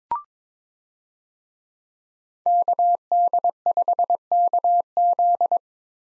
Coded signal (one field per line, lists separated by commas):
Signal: Morse code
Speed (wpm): 22 wpm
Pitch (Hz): 700 Hz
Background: none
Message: KD5KZ